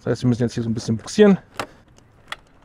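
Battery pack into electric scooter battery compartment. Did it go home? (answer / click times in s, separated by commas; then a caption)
yes / 2.3 s. A large 60 V, 75 Ah battery pack is pushed down past the plastic trim into the battery bay of a Super Soco TC/TS/TSx electric scooter while someone talks. After a quieter stretch, a sharp click at 2.3 s marks the pack latching home at the bottom, seated.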